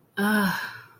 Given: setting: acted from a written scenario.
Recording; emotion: vocal sound without words; relief